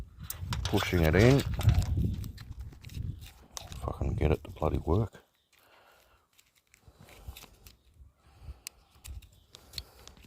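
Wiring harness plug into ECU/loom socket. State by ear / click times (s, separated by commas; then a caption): seated / 8.7 s. A wiring harness plug is pushed into its ECU/loom socket during an EL ECU conversion into an EA car, while someone talks over the first five seconds. Quieter handling and rustling follow, and the plug locks in with a small sharp click at 8.7 s. It is then pulled back to check that it is locked in.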